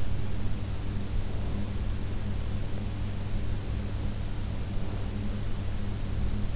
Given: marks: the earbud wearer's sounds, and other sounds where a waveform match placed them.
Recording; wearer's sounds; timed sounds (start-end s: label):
sounds in sleep by an in-ear microphone; breath
1.28-1.99 s: breath
4.55-5.39 s: breath